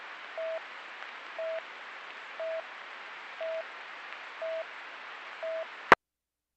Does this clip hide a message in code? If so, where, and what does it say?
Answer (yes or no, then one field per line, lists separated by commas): no